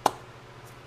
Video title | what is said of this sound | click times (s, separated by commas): how to install a downpipe on your 2010 Audi B8/B8.5 A4 2.0T | you just pull it back just a little bit you're gonna hear it go click done | 0.1 s